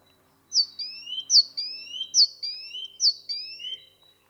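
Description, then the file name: Great tit song: clear two-note phrases, a high sliding whistle followed by a lower rising one, repeated four times in a quick, even series. "Parus major"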